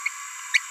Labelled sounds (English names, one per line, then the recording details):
Green-rumped Parrotlet babbling
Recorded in a nest box in Venezuela
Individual 18B17A5